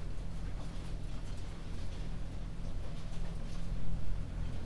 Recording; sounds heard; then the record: poultry house recording; no chicken sound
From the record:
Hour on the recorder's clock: 22